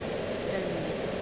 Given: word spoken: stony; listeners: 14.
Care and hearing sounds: one English word in noise, from a listening test; speech-shaped noise; -5.8 dB; 1 of 14; 8 of 14; 0.82 s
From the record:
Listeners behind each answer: 8, 4, 1, 1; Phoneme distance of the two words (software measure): 7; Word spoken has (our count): 2 syllables, 5 phonemes, stress on syllable 1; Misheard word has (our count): 1 syllable, 4 phonemes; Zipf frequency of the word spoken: 2.92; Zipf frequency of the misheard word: 4.84

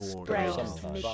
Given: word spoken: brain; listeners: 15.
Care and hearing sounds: one English word in noise, from a listening test; four-talker babble; -2.0 dB; 0 of 15; 7 of 15; 0.74 s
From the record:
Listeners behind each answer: 7, 1, 1, 1, 1, 1, 1, 1, 1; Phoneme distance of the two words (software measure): 24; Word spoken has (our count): 1 syllable, 4 phonemes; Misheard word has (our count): 1 syllable, 4 phonemes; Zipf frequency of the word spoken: 4.84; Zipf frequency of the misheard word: 3.98

